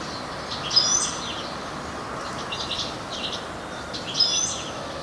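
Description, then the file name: European goldfinch calls: a few short, bright, high chirps with softer twittering notes between, over a steady background hiss. "Carduelis carduelis"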